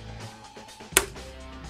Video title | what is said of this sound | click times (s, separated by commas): New Xbox 360 Teardown: Guts Compared to Original 360! | there we go that sounded Breaky | 1.0 s